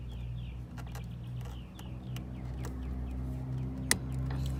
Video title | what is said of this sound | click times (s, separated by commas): #vlogs #corolla #singlemom How to change the taillights on your car! | you'll hear it snap and then | 3.9 s